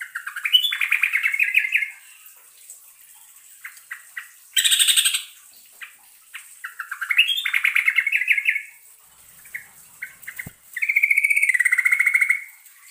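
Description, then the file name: Yellow-vented Bulbul song: rapid bubbly warbling phrases, broken by one harsh buzzy roll and a few short chirps between the phrases. Song in the rapid 'ropelan' style with a long rolling trill ('ngerol panjang'). "suara trucukan ropelan ngerol panjang"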